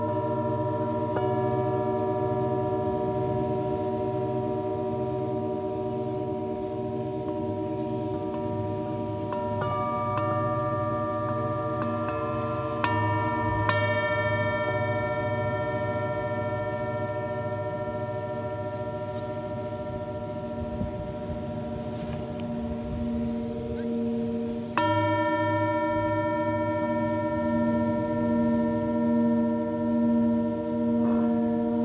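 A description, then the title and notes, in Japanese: Singing bowls ring in a sound healing session, long sustained tones layered into a steady shimmering drone. New strikes arrive around 1, 10, 13 and 25 seconds, each adding bright ringing pitches, while a low hum and slow wavering beats pulse underneath. メキシコから シンギングボウルのサウンドヒーリング ライブ。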